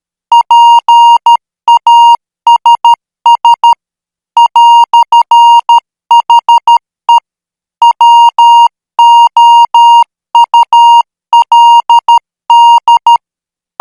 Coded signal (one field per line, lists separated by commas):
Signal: Morse code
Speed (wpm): 13 wpm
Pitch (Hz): 940 Hz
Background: music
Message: PASS "HE WOULD